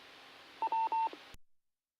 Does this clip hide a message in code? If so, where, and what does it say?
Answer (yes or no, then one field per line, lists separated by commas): no